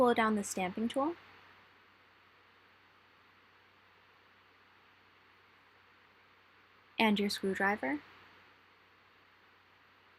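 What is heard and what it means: A screwdriver and stamping tool are positioned on the clip ring of a microscope cryo-holder, ready to press it into the specimen holder stage. Someone talks briefly at the start and again around 7.0 s, with near-silence in between. Nothing has seated or clicked yet.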